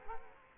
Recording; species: mosquito wingbeat signal from an infrared sensor; Culex quinquefasciatus